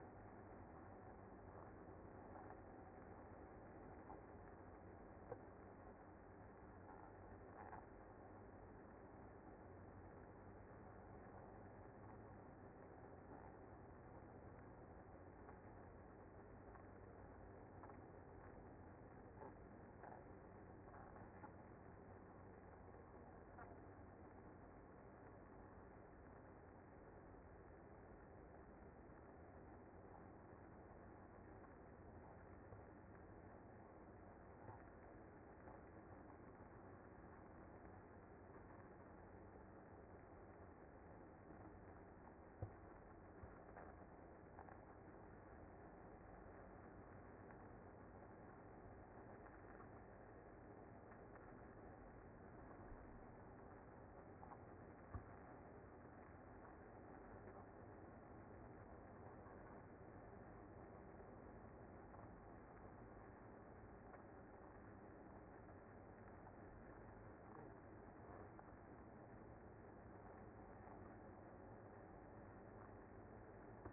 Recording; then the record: honeybee colony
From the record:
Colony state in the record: active